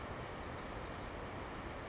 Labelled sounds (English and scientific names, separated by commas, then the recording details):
Bewick's Wren (Thryomanes bewickii)
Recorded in Sonoma County, California